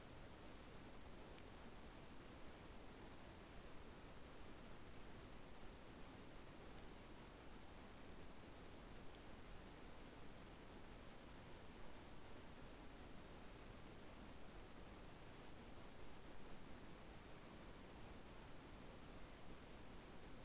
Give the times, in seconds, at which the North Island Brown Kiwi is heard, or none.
none